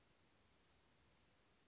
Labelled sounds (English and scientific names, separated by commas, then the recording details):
Chestnut-backed Chickadee (Poecile rufescens)
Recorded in Sonoma County, California